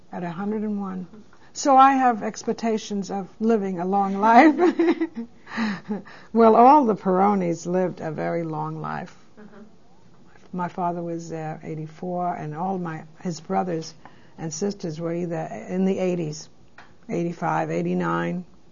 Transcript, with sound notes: at one hundred and one. So I have expectations of living a long (they laugh) Well, all the Pirrones lived a very long life. My father was eighty-four and all my, his brothers are sisters were either, in the eighties, eight-five, eight-nine